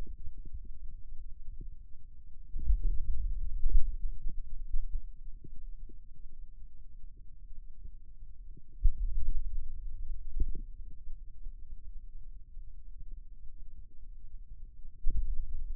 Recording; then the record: forearm muscle sounds (acoustic myography)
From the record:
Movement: finger pinch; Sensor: system 2, bracelet of six BSWA MPA416 microphones around the upper forearm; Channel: 2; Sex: male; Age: 22 years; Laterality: right